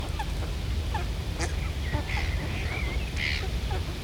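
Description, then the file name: Duck calls: a few short calls, then a brief wavering call that rises and falls, all over a constant low rumbling background noise. Ducks in a pond. "Eenden in een vijver - Sound Cloud - Beeld en Geluid"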